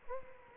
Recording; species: mosquito wingbeat signal from an infrared sensor; Culex quinquefasciatus